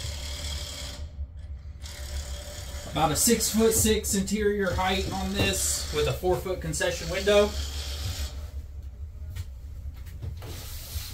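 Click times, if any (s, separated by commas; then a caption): none. A 4-foot sliding concession window, with a glass or screen panel in an aluminium frame, is handled in the wall frame of a red 7'x12' concession trailer with 6'6" interior height. Someone talks through the middle of the clip, with brief sharp knocks near 1.9 s and 10.4 s. The window has not yet slid shut or locked; nothing has seated or clicked yet.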